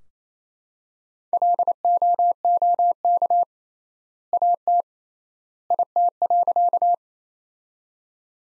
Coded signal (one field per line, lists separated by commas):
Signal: Morse code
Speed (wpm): 27 wpm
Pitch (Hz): 700 Hz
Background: none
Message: LOOK AT IT.